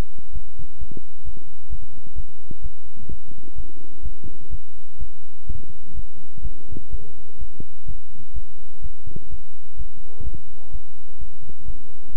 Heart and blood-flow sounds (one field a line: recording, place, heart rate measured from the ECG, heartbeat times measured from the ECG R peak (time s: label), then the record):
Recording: heart sounds by stethoscope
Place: between the tricuspid and mitral areas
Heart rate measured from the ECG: 127 bpm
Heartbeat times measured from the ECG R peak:
0.33 s: heartbeat
0.79 s: heartbeat
1.25 s: heartbeat
1.70 s: heartbeat
2.16 s: heartbeat
2.62 s: heartbeat
3.09 s: heartbeat
3.56 s: heartbeat
4.03 s: heartbeat
4.50 s: heartbeat
4.99 s: heartbeat
5.47 s: heartbeat
5.95 s: heartbeat
6.42 s: heartbeat
6.91 s: heartbeat
7.39 s: heartbeat
7.86 s: heartbeat
8.34 s: heartbeat
8.82 s: heartbeat
9.30 s: heartbeat
9.77 s: heartbeat
10.24 s: heartbeat
10.72 s: heartbeat
11.19 s: heartbeat
11.66 s: heartbeat
12.12 s: heartbeat
From the record:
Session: bicycle stress test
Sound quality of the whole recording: good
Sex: male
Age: 23 years